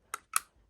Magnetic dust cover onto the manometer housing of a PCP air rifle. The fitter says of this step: and then it just simply clicks back in place really nice and clicky as well over